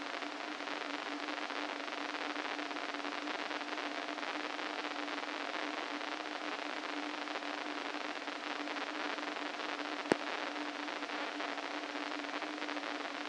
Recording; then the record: brain microelectrode recording played as sound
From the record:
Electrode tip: inside the subthalamic nucleus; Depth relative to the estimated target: -3 mm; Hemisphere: right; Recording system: NeuroSet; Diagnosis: Parkinson's disease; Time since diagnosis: 13 years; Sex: male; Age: 49 years